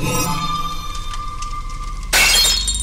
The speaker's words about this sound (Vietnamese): Chiếc chén trên tay của … rơi xuống đất mà bể tan tành, cùng với tiếng la thất thanh.